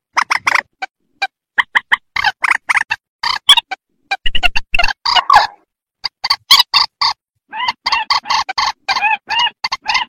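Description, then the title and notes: Loud rail calling in a dense, rapid stream of harsh grating notes with only short breaks. "Kicau Burung Mandar"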